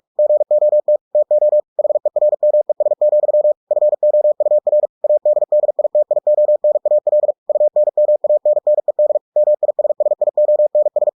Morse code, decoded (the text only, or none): GOT TO HERMES, FOUR ADDITIONAL UNMANNED MISSIONS